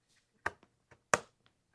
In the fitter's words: not lean in oh that's a nice click